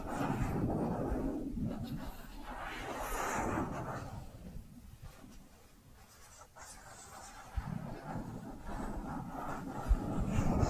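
Soft brushing strokes with squishy textures, steady and dense at first, quieter in the middle, with a few sharp taps near the end.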